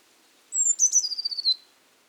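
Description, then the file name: Eurasian blue tit song: one sharp high whistle followed by a ringing trill that steps lower and lower, with nothing else heard. "Cyanistes caeruleus"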